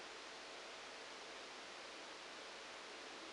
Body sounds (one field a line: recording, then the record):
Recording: brain microelectrode recording played as sound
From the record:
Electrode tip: outside the subthalamic nucleus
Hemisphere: right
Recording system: NeuroSet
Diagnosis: Parkinson's disease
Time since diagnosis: 9 years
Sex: male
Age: 56 years